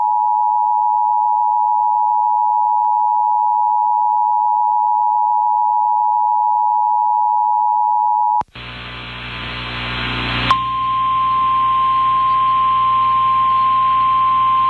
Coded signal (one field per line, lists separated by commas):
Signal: Emergency Alert System (SAME) tones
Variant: 853 and 960 Hz attention tone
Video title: [EAS] WQDR - Tornado Warning Activation (1) - 8/8/2024